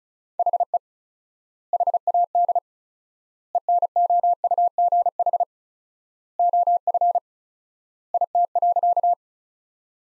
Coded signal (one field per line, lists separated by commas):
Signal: Morse code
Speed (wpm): 36 wpm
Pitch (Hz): 700 Hz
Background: none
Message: HE HAD ENOUGH OF IT.